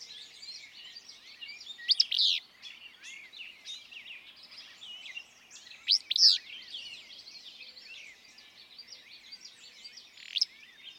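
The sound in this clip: Willow flycatcher song: short, sneezy buzzy bursts repeated about every four seconds, over a constant background of high chirps from other small birds.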